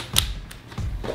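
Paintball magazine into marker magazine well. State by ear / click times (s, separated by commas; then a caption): seated / 0.2 s. A 20-round Helix paintball magazine is inserted into the magazine well of a magfed marker and clicks home with a sharp, crisp click at 0.2 s. A fainter tap follows at 0.5 s, and the magazine ends up seated.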